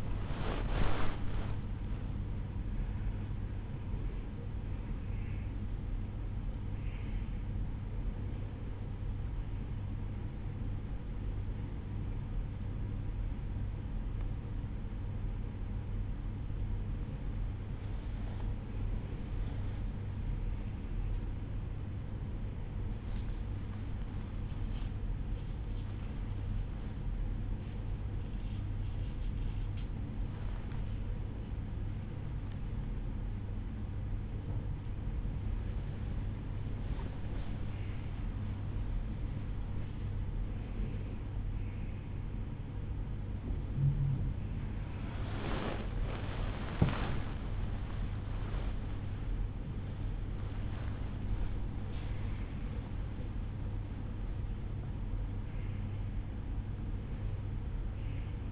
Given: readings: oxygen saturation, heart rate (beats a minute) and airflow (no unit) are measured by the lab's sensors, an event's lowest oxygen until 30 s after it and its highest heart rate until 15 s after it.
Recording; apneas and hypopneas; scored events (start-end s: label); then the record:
a person awake in a sleep study, by a smartphone at the bedside; none
0.00-58.52 s: awake
From the record:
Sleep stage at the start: awake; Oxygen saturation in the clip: 92 to 96%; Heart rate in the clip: 69 to 78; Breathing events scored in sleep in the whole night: 305 in 9.6 hours asleep